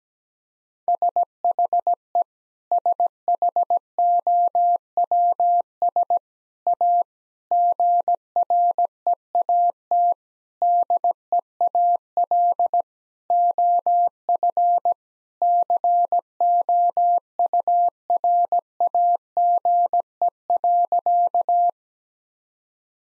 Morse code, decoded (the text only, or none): SHE SHOWS A GREAT DEAL OF COURAGE.